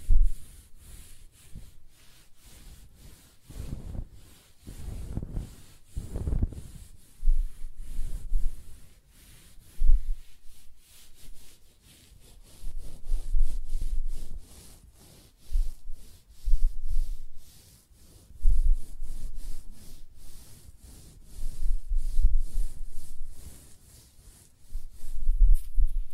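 Close-up hair sounds: scratching, brushing and stroking, heard as soft, muffled rubbing strokes that come in uneven bursts every second or two. The strokes are mostly low and dull, with a faint thin hiss above them, separated by brief quiet pauses.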